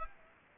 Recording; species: mosquito wingbeat signal from an infrared sensor; Aedes aegypti